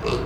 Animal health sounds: contact call of a hoofed animal; pig; closed-mouth grunt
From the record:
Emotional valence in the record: positive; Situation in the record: food and toys in familiar pen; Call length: 0.26 s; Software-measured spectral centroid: 2060 Hz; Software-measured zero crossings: 1480 a second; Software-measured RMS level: -24 dBFS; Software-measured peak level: -11 dBFS

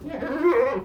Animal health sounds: contact call of a hoofed animal; goat; low-frequency (closed-mouth) or high-frequency (open-mouth) call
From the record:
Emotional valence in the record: negative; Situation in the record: food frustration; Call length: 0.85 s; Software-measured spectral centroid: 1330 Hz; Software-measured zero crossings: 1160 a second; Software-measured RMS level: -23 dBFS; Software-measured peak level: -10 dBFS

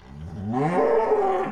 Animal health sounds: contact call of a hoofed animal; cattle; low-frequency (closed-mouth) or high-frequency (open-mouth) call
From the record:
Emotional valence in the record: positive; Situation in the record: visual reunion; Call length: 1.52 s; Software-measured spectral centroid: 980 Hz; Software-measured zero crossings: 1030 a second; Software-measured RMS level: -23 dBFS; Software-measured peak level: -10 dBFS

